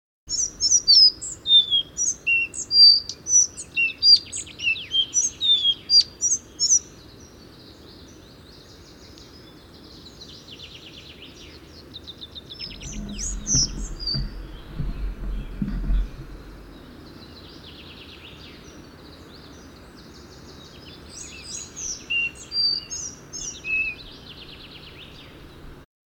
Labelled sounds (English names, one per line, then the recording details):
Collared Flycatcher song
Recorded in the wild
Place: Sinaia, Transilvania, RO
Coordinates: 45.331, 25.562
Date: 1976-05-28
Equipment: Nagra III BH, Sennheiser MD 21, parabola
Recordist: Schubert, Michael
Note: Gesang Halsbandschnäpper